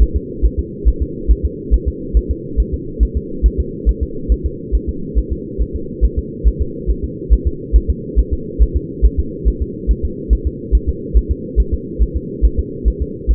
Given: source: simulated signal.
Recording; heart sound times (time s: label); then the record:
fetal heart sounds
0.02 s: S1
0.16 s: S2
0.45 s: S1
0.59 s: S2
0.88 s: S1
1.02 s: S2
1.31 s: S1
1.45 s: S2
1.74 s: S1
1.88 s: S2
2.17 s: S1
2.31 s: S2
2.60 s: S1
2.74 s: S2
3.03 s: S1
3.17 s: S2
3.46 s: S1
3.60 s: S2
3.89 s: S1
4.03 s: S2
4.32 s: S1
4.46 s: S2
4.75 s: S1
4.89 s: S2
5.18 s: S1
5.32 s: S2
5.62 s: S1
5.76 s: S2
6.05 s: S1
6.19 s: S2
6.47 s: S1
6.62 s: S2
6.90 s: S1
7.04 s: S2
7.33 s: S1
7.47 s: S2
7.76 s: S1
7.90 s: S2
8.19 s: S1
8.33 s: S2
8.62 s: S1
8.76 s: S2
9.05 s: S1
9.19 s: S2
9.48 s: S1
9.62 s: S2
9.91 s: S1
10.05 s: S2
10.33 s: S1
10.47 s: S2
10.75 s: S1
10.89 s: S2
11.17 s: S1
11.31 s: S2
11.60 s: S1
11.74 s: S2
12.03 s: S1
12.17 s: S2
12.45 s: S1
12.59 s: S2
12.88 s: S1
13.02 s: S2
13.31 s: S1
From the record:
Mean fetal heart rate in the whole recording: 140 bpm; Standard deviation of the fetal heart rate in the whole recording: 2 bpm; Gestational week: 34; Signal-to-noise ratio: -4.3 dB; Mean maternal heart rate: 72 bpm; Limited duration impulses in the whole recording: absent